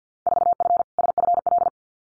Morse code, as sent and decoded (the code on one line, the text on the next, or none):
....- ..-. / ... ..-. .-..
4F SFL